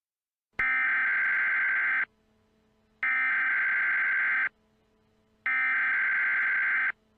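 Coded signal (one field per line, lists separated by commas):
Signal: Emergency Alert System (SAME) tones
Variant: header bursts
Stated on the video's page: Mock EAS alert.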